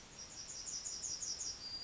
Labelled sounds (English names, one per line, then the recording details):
Yellowhammer song
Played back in forest
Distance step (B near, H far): E
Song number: 041